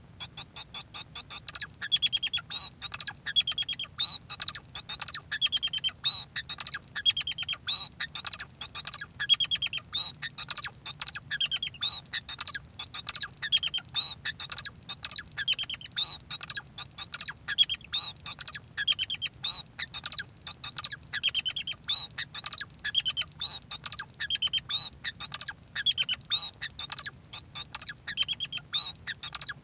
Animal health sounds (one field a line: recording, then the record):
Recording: song of a male Bengalese finch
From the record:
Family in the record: son of father 2